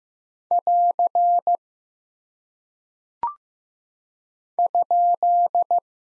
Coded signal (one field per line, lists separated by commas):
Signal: Morse code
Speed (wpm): 15 wpm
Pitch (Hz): 700 Hz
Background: none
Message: <AR> ?